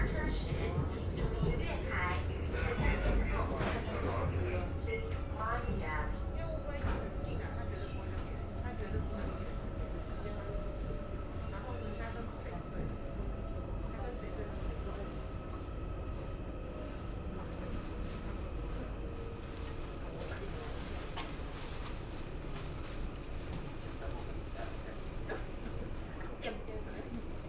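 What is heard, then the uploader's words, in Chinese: A regional express train runs between Nangang and Qidu, its dense, steady rumble filling the whole clip. Voices chatter over it in the first few seconds, while a thin motor whine holds on and slowly slides lower through the middle. 2042區間快車 南港-七堵。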